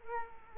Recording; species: mosquito wingbeat signal from an infrared sensor; Culex quinquefasciatus